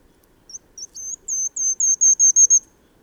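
Bird song: a run of about ten thin, very high whistled notes that start soft and sparse, then come faster and louder, ending in a brisk even series.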